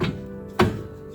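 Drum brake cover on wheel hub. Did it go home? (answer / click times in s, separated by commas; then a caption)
released / 0.6 s. Two M8 bolts threaded into the rear drum brake cover of a Toyota (Tacoma, 4Runner, T100, Tundra) are tightened alternately until the stuck steel drum breaks free from the wheel hub. Over a steady tonal background, a single sharp, loud pop sounds at 0.6 s as the drum breaks loose. The drum brake cover is released from the hub.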